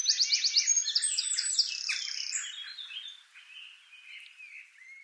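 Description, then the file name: Eurasian wren song: a rapid, shrill trill and twittering run, then quieter, softer notes. "Troglodytes troglodytes"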